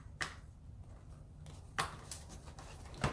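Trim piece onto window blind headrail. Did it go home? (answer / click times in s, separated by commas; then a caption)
yes / 0.2 s, 1.8 s. Plastic trim pieces are pressed by hand onto the headrail of a 2-inch cordless window blind before it is mounted, snapping into place with sharp clicks at 0.2 s and 1.8 s. Further short clicks and knocks follow at about 2.1 s and 3.0 s, and the trim ends up seated on the headrail.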